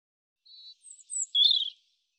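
European robin song fragment: a thin steady whistle, then high sliding notes and a brief tumbling warble, all within about a second and a half.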